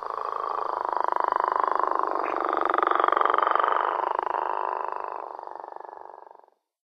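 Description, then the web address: Gopher frog producing one long, rough snoring call lasting about six seconds, rising slightly in strength midway before fading out. Recorded in North America. "Songs of Frogs Toads of North America. Gopher Frog"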